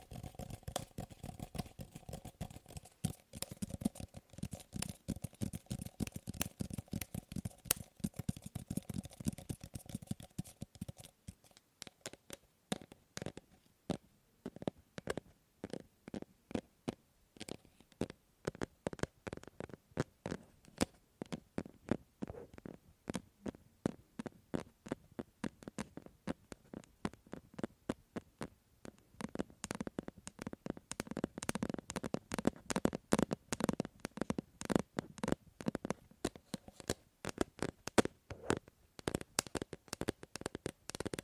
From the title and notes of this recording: ASMR Fast & Slow Tapping on 6 Objects No Talking.